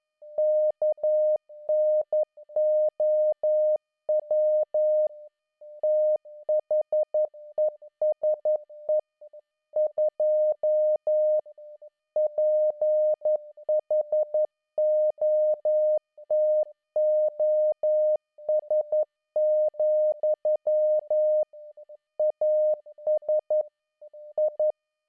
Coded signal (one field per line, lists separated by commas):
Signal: Morse code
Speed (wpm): 11 wpm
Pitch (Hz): 610 Hz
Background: none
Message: KNOW THESE 2 PHOTOS, AS I